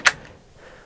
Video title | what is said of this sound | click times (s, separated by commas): STORYTELLER OVERLAND STEALTH MODE 4x4! - #SATvan 2.0? | locks into place and it's not going to come open while you're moving | 0.1 s